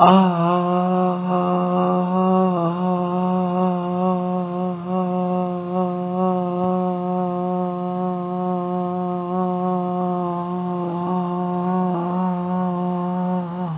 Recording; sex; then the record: sustained vowel /a/; female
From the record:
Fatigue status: fatigue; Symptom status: symptomatic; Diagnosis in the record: COVID-19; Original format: 3gp